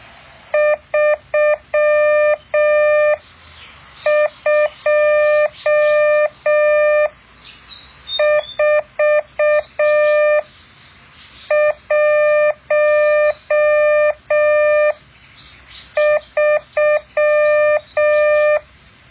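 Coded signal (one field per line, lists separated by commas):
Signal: Morse code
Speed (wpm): 6 wpm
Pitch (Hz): 600 Hz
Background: none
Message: 32413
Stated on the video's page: Morse code practice exercise.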